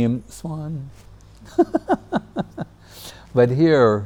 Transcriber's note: laughs